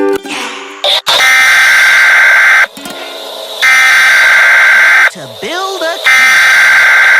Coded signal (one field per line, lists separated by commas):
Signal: Emergency Alert System (SAME) tones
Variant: header bursts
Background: speech